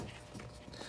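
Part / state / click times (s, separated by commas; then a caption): coolant hose quick-connect fitting onto heater core inlet pipe / not seated / none. A coolant hose quick-connect fitting is handled and pushed toward the heater core inlet pipe during a heater core replacement, with low rumbling and faint scraping, rustling handling noise throughout. Nothing has seated or clicked yet; the fitting is not yet home on the pipe.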